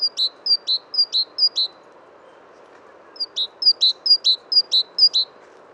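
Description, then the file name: Great tit repeating a sharp, high two-note phrase, four times in quick succession, then after a pause of over a second several more, over a steady background noise. "Parus major"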